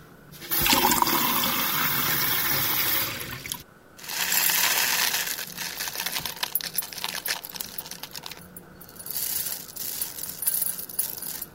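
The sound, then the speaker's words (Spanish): Water pours in a steady, rushing splash for a few seconds, then a spoon clinks and scrapes irregularly while oats are stirred into it to make a heterogeneous mixture of water and oats, with no voices. “Agua con avena.”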